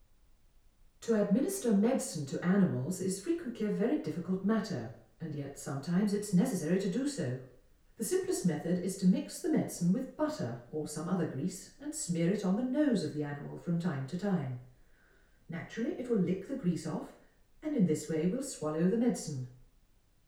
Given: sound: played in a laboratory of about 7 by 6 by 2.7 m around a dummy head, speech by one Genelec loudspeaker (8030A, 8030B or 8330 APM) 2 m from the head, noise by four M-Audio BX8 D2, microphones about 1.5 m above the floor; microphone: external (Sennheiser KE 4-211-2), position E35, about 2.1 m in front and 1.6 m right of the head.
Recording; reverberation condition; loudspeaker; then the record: female speech in English; medium; 150 degrees to the left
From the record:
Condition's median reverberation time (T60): about 510 ms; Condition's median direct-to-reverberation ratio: about -0.5 dB